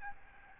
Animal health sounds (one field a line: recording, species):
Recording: mosquito wingbeat signal from an infrared sensor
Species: Aedes albopictus